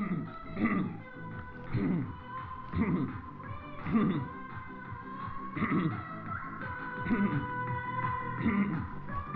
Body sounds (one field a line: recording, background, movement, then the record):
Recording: throat clearing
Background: music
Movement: walking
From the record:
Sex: male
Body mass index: 22.0 kg/m2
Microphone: on the chest, facing the body